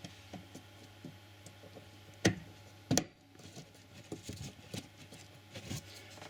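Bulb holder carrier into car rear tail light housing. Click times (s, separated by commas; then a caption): 2.3 s, 3.0 s. A plastic bulb holder carrier is lined up on its guides and pushed into the rear tail light housing of an Audi RS6/A6 C5 (1997–2005). Two sharp clicks are heard at 2.3 s and 3.0 s over quiet handling noise. The carrier snaps and seats into place.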